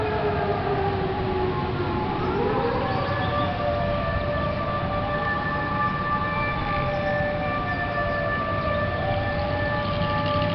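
An air-raid siren sounds over a city, its tone sliding slowly upward over the first few seconds and then wavering gently as it holds a high, steady wail. A constant low rumble of traffic and wind fills the background throughout.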